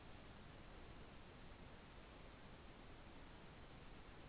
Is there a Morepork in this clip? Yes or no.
no